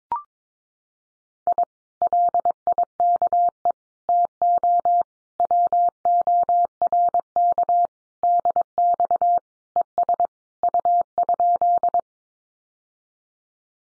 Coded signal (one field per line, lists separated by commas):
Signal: Morse code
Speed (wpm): 22 wpm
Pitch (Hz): 700 Hz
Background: none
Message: I LIKE TO WORK DX ES U?